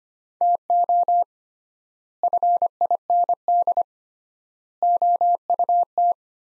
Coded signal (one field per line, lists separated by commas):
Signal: Morse code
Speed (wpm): 25 wpm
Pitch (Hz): 700 Hz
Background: none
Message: TO FIND OUT